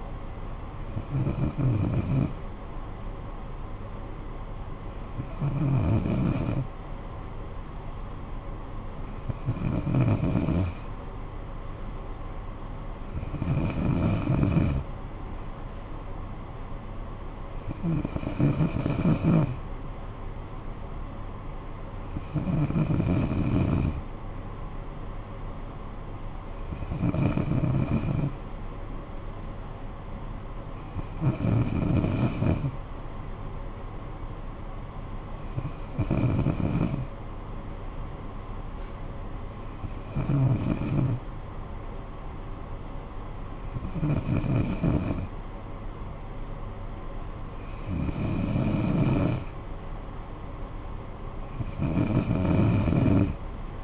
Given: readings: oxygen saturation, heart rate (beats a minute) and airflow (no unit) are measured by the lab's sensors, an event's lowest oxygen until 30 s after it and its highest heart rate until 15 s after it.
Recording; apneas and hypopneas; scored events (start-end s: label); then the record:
breathing in sleep by a smartphone at the bedside; none
none scored
From the record:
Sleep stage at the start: N2 (light sleep); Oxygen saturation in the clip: 93 to 94%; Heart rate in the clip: 56 to 63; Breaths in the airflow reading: 13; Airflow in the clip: -9.5 to 6.2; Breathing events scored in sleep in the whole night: 445 in 7.6 hours asleep